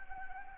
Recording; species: mosquito wingbeat signal from an infrared sensor; Anopheles gambiae